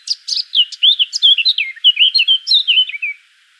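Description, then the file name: Eurasian blackcap singing a quick, varied warble that drifts downward, chattery notes first, then loud fluting whistles, ending in a short descending flourish. "Sylvia atricapilla"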